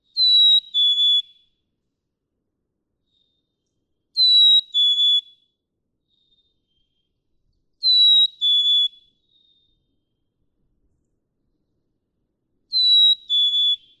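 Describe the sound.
Black-capped chickadee song: clear two-note whistled fee-bee, a higher note sliding to a slightly lower one, repeated four times about every four seconds in silence.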